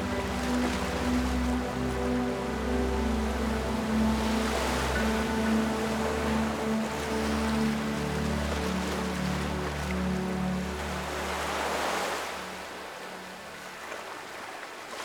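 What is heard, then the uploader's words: Waves wash in softly around five and twelve seconds over a steady, low engine-like drone that fades slightly near the end. Soundscape: Ocean Dreams. The sound of the waves.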